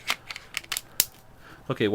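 Both release tabs on a Glock-made GTL 22 tactical light with laser are pulled down to lift its locking bar, and the light is slid forward off a pistol's accessory rail. A run of small plastic clicks leads up to a sharp, loud click at 1.0 s as the light disengages and is released. Someone talks briefly at the end.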